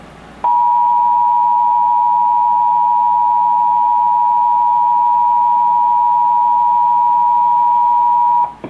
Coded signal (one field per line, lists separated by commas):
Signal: Emergency Alert System (SAME) tones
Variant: 853 and 960 Hz attention tone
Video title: Required Monthly Test - 06/03/20 (EAS #2,071)